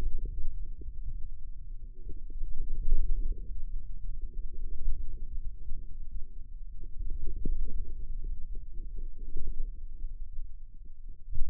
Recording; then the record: forearm muscle sounds (acoustic myography)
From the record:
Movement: wrist flexion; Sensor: system 2, bracelet of six BSWA MPA416 microphones around the upper forearm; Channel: 6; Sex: male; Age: 22 years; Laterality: right